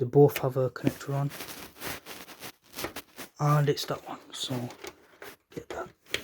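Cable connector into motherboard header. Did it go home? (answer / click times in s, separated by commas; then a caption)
yes / 6.1 s. A cable connector is pushed into its header on a motherboard while someone talks. A few soft fumbling sounds follow, then a sharp click at 6.1 s as the connector seats.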